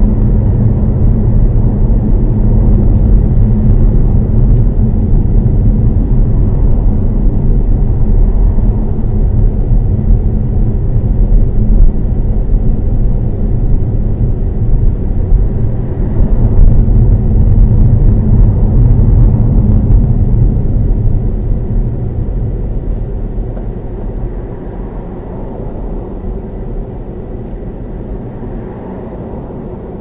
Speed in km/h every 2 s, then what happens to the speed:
32, 32, 29, 23, 24, 24, 19, 21, 31, 26, 15, 6, 6, 3, 2.
0-6 slows to 23. 6-12 steady at about 23. 12-17 speeds up to 31. 17-27 slows to 2. 27-30 standing.